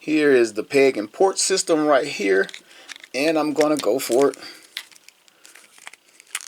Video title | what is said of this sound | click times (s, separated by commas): McFarlane DC BLACKEST NIGHT FIGUER TOY REVIEW | I don't know what oh there it is I'll say it didn't snap and | none